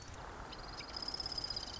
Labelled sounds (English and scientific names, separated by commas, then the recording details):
Marsh Wren (Cistothorus palustris)
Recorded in Sonoma County, California